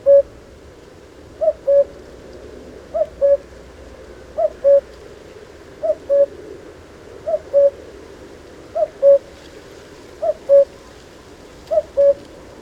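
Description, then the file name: Common cuckoo song: clear two-note cu-coo, higher then lower, repeated about every one and a half seconds, over faint steady background hiss. "Canto do Cuco"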